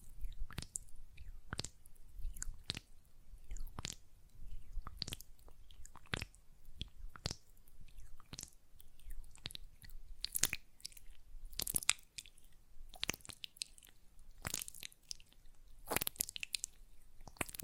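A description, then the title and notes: Wet, sticky squelches of gel lotion worked between hands, coming as sharp separate smacks and clicks roughly every half second to second. The sounds are irregular in timing, with a few brighter, louder splats near the end, over a quiet low hush. ASMR Gel Lotion Hand Sounds (No Talking).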